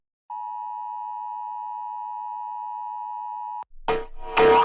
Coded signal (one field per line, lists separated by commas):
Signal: Emergency Alert System (SAME) tones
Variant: 853 and 960 Hz attention tone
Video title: Jack Paul Rates EAS Alarms (5)